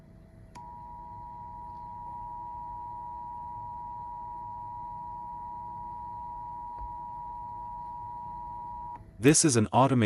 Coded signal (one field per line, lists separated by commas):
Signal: Emergency Alert System (SAME) tones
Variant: 853 and 960 Hz attention tone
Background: speech